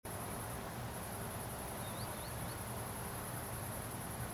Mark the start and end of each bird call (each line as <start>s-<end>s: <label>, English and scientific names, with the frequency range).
1.81s-2.57s: Green Sandpiper (Tringa ochropus) (3.2-4.9 kHz)